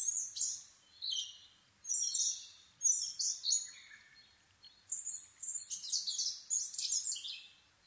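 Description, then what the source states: Asian brown flycatcher pouring out dense, high-pitched twittering phrases in quick succession, squeaky and jumbled, with short pauses between bursts. Nikko, Japan, 26 April 2011 at 4:39, 730 m altitude; recorded on a Sony PCM-D50 with Panasonic WM-61A microphone.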